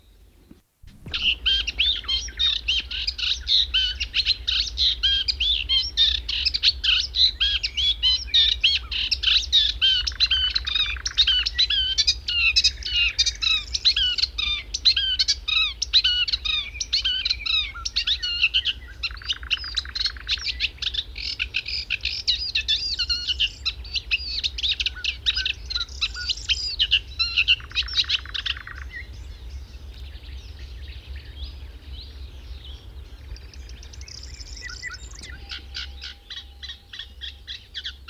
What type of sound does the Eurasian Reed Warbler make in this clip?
song